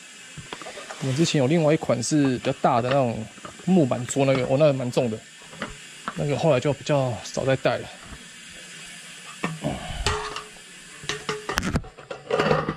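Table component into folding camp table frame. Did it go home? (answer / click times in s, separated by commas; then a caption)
yes / 11.6 s. Someone talks for the first several seconds, then handling sounds follow as a table component is snapped into the frame of a folding camping table. A sharp click at 11.6 s marks the part seating in place.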